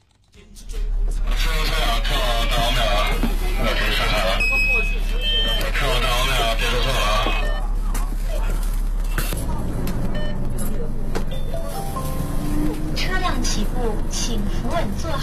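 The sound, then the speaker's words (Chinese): A steady low engine rumble fills a moving Beijing city bus on route 313, leaving Fengtai Sports Center depot for Fengtai Dawangmiao at 4:20 pm, while the brief electronic prompt chime used on almost every Beijing bus line sounds and a recorded voice makes an onboard announcement, followed by more engine noise and faint chatter. “这个场景，这个提示音，几乎北京的每条公交线上都会有，但和其他线路比起来，313路却又是与众不同的。”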